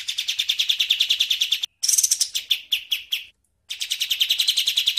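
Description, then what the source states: Bird song: fast, even series of high chirped notes, broken by short silences around a burst of shriller notes, then the chirping resumes. Songbird sounds used for training songbirds, a style called masteran.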